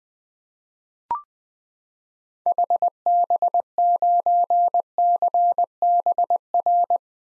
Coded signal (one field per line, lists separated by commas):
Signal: Morse code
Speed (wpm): 20 wpm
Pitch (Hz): 700 Hz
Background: none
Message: HB9CBR